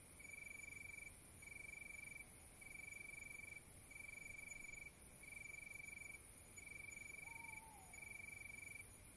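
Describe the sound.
Cricket trilling in regular high bursts about one second long with short gaps; a brief falling whistled note appears near the end.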